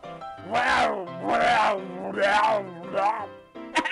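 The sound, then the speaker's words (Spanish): A man imitates vomiting with a series of loud, strained retching heaves, about four drawn-out guttural bursts in a row, harsh and groaning, ending with short choppy gasps. “Estoy vomitando por todas las tranzas en la administración pasada quintanarroense.”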